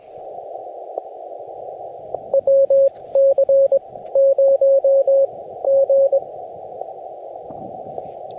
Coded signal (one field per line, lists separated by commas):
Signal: Morse code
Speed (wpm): 20 wpm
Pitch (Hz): 550 Hz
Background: radio noise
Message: WC 0 G